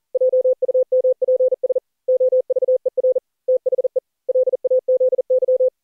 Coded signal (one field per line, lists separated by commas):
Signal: Morse code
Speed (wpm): 40 wpm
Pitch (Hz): 510 Hz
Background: none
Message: JUMPS OVER THE LAZY